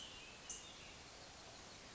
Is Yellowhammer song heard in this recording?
no